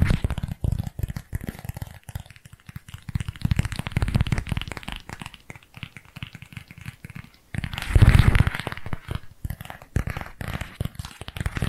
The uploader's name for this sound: ASMR Tapping Different Areas of Your Brain 3D Panning Triggers